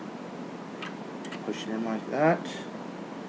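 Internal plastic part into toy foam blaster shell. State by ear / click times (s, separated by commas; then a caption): not seated / none. A plastic internal part is pushed into the shell of a Nerf Super Retaliator Plus toy foam blaster during reassembly, with a short tick near 0.8 s and light handling sounds over a steady background hiss. Someone talks while pressing it in. The clip ends before the part goes home, so nothing has seated yet.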